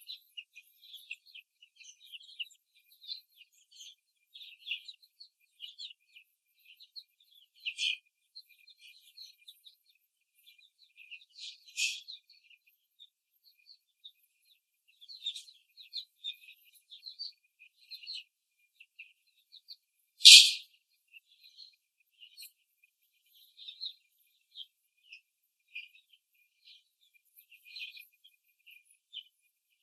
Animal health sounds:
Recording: young laying hens in a cage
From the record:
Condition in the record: before the stressor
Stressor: simulated dog barking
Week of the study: 3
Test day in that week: 2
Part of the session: 1

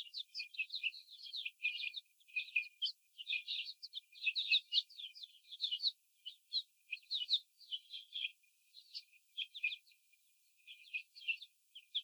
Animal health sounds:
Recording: young laying hens in a cage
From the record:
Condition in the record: before the stressor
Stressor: simulated dog barking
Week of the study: 4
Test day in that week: 2

